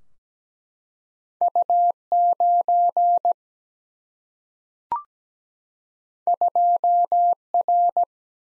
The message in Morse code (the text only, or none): U 9 2 R